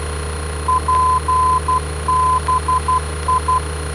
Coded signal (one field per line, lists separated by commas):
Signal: Morse code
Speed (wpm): 12 wpm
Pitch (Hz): 1020 Hz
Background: none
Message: PBI